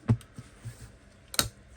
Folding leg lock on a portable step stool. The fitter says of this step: nice satisfying click